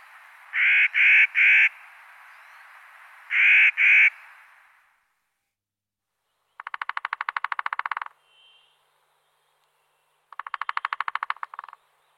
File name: Canto do pica pau tridactilo